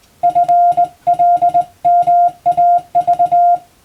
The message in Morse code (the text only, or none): FLMAV